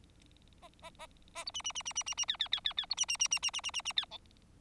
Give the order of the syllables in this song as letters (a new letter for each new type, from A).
A A A A B C C C C C C C D D D D D B C C C C C C C C C D E